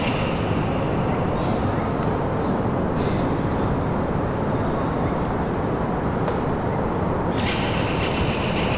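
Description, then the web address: Bird song: seven sharp, high, downward-slurred whistles at irregular intervals of about a second, above a steady, loud low-pitched rumble. Birdsong in a pine forest in winter. "sonidos de la naturaleza canto de los pajaros en un bosque de pinos invernal"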